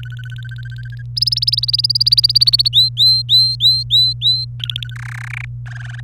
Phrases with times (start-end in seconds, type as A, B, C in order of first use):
0.00-1.02 A, 1.16-2.69 B, 2.73-4.45 C, 4.60-4.94 A, 4.96-5.45 D, 5.66-6.00 E